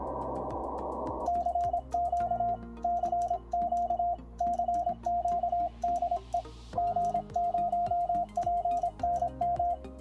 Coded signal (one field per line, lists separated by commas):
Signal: Morse code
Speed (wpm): 26 wpm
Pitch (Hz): 700 Hz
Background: music, radio noise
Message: CQ CQ CQ DE G0PNM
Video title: G0PNM's Keys #9 The Begali Traveller